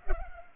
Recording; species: mosquito wingbeat signal from an infrared sensor; Culex pipiens